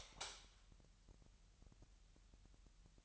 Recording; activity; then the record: daily activity, microphone in the room; light on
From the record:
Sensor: 3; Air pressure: 1001.9 hPa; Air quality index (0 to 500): 244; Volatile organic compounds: 46 ppm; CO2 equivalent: 3247 ppm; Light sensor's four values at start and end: 6/13/5/5 and 13/35/15/13